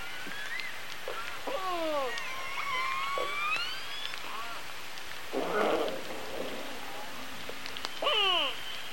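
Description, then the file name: Killer whale calls, repeated harmonic tones with long rising and falling sweeps, interspersed with short pulsed bursts, over steady low underwater noise. Resident killer whale I15, G-clan; calls described as pings. "Resident Orca I 15 Pings-G-Clan"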